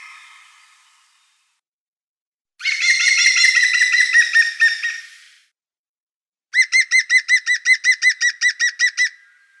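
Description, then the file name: European green woodpecker calls: a dense, harsh rattling chatter lasting nearly three seconds, a pause, then a steady run of about fourteen loud ringing laughing notes. "dyatel zelenyy golos"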